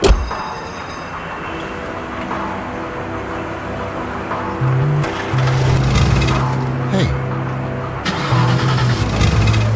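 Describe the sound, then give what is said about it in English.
An old car engine cranks and sputters without catching, a low strained whirring that surges in louder bursts, with metallic clinks and rattles scattered through it. “I don't want to start. I'll try.”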